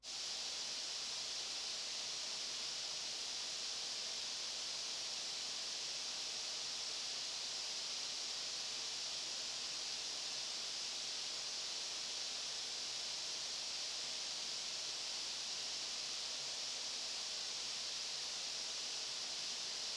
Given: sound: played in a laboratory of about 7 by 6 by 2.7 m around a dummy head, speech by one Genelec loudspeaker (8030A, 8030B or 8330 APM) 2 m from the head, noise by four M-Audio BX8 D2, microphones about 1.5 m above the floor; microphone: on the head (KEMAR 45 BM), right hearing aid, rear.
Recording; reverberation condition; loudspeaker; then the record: white noise; high; four, about 170 cm from the corners of the room and facing them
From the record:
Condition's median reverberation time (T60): about 1300 ms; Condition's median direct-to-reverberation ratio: about -4.0 dB